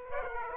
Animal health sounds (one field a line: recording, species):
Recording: mosquito wingbeat signal from an infrared sensor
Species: Aedes aegypti